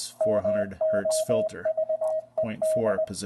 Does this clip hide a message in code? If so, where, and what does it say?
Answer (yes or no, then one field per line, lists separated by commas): yes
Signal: Morse code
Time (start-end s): 0.2-3.0 s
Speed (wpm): 20 wpm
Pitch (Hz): 630 Hz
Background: speech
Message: MOVED